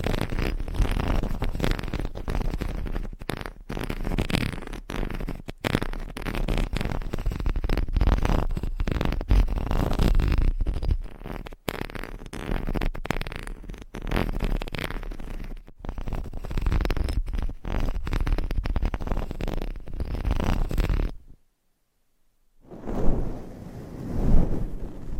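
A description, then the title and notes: Dense scratching and brushing right against the microphone, a steady rough rasp with deep thumping rumbles underneath, broken by brief sharp gaps. Around 21 seconds it drops to silence, then softer brushing swells back in twice before the end. ASMR Mic Scratching - Brain Scratching & Brushing Hypnotic Asmr No Talking.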